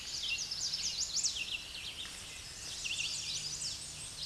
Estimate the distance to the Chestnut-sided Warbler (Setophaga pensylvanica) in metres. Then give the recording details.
about 40 m. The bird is about 10 m above the microphone. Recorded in a Pennsylvania forest on 16 May 2024 at 07:55. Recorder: AudioMoth, point MSD-2478. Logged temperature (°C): 15.6 °C. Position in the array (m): 81 m, 221 m